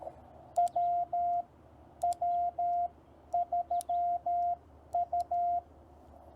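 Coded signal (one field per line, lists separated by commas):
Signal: Morse code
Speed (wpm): 13 wpm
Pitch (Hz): 700 Hz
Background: none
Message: WW3U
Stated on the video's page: Call sign copy practice sent on a TR45L Skinny radio with a Bamatech TP III key, MC-750 vertical whip antenna with four radials, battery powered, in the field.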